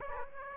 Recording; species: mosquito wingbeat signal from an infrared sensor; Aedes aegypti